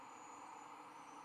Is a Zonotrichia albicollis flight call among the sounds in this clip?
no